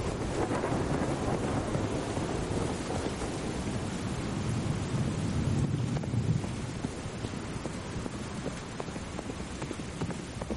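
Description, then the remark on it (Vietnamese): A night rainstorm roars steadily for about ten seconds, wind rushing over a deep, rolling thunder rumble, with a dense crackling patter running throughout and no voices. “Không cần roi vọt, nó tự giác phóng điên cuồng, bất chấp đêm mưa gió tăm tối có thể va vào chướng ngại, bất chấp đường lầy lội dễ trượt ngã gãy xương.”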